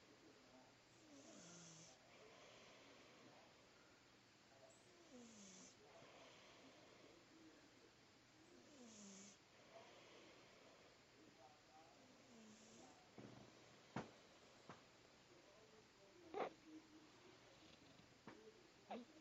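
Soft, regular snoring breaths from a sleeping cat, about 16 a minute, each with a low fluttering drone on inhalation. A steady hiss like falling rain runs underneath, with a few sharp clicks near the end.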